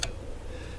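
A wiper blade is pushed onto the J-hook style windshield wiper arm of a 2018 Ford F-350 until its small black plastic flange clip snaps into place with a sharp, bright click at 0.0 s. A steady low rumble continues through the rest of the clip. The blade is confirmed seated on the arm and then given a wiggle test.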